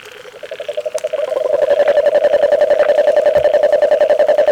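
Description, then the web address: Frog trilling, a rapid pulsed low trill that starts soft and swells louder over the first couple of seconds, then holds steady and even to the end, with a faint higher band. Recorded on 17 February 2022 between 21:00 and 23:00. "frog rec 21-23 20220217"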